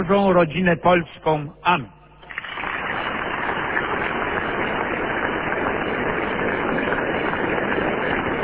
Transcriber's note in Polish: oklaski